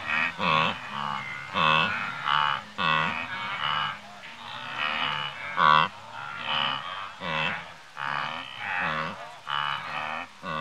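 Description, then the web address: Wildebeest grunting: several animals give nasal, honking grunts in bursts roughly every second, some louder than others. Several wildebeest grazing and grunting in Africa. "Sound Effects Library (Africa- The Natural World) WILDBEEST, Several grazing and grunting"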